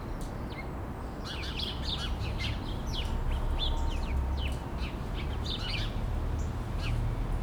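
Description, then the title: Sparrows giving quick, uneven chirps and twitters throughout, with a constant low hum of traffic underneath. Sparrows sheltering in a laurel bush in Bassens, France, around 6 pm, with traffic noise in the background. "11 Rue de l'Église, Bassens, France - Moineaux"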